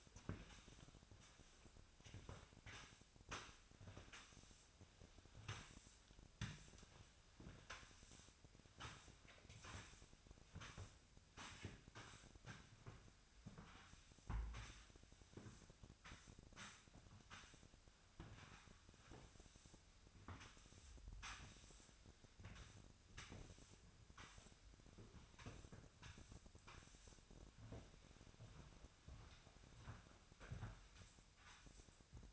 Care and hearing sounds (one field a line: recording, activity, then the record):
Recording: daily activity, microphone in the room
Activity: sweep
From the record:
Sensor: 2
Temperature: 25.5 degrees Celsius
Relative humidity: 38.8%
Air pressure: 1006.8 hPa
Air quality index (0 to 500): 198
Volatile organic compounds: 13 ppm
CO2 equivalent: 2426 ppm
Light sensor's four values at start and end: 9/22/9/9 and 9/21/9/9